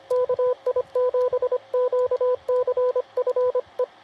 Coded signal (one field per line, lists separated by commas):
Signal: Morse code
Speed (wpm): 25 wpm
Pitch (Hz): 500 Hz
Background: radio noise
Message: KI7QCF E